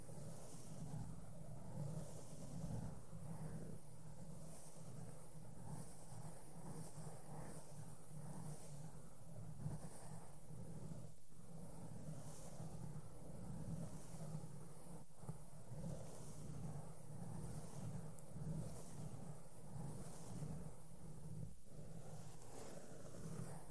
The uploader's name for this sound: SOFT SOUNDS WITH MAKEUP BRUSHES ON MIC AND MICROPHONE TOUCHING